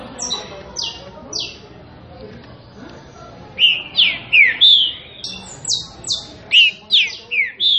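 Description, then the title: Green-winged saltator song: a run of high descending slurred whistles, then louder falling whistled phrases repeated in quick succession, about two or three notes per second. Classic-style song used for training birds. "Canto Clássico Trinca Ferro TREINAMENTO"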